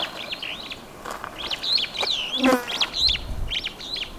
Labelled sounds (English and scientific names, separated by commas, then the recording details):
Superb Starling (Lamprotornis superbus) flight call
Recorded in Kenya